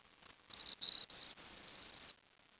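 Bird giving a high, buzzy pulsed trill in short bursts, then a longer slightly rising buzz ending in a quick flick.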